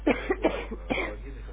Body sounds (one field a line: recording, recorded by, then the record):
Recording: voluntary cough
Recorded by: telephone call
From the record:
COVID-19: positive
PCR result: checked with the laboratory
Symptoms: yes